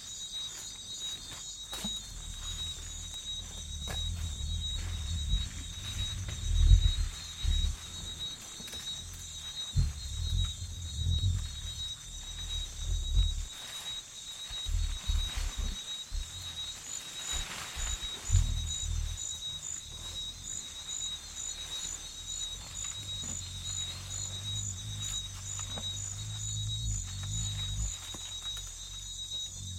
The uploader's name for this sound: Congo Basin Rainforest - Bugs Close To The Mics